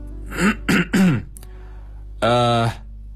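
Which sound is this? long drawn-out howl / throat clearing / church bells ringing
throat clearing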